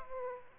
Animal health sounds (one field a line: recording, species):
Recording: mosquito wingbeat signal from an infrared sensor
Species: Aedes aegypti